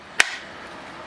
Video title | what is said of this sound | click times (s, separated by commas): WARNING Wrong Sheath? ESEE 4 Armatus Architect Sheath Unboxing | um holds the knifing better and I mean this one you can hear it too on this one you can hear the click | 0.2 s